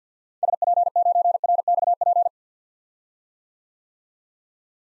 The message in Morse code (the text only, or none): SP9RXP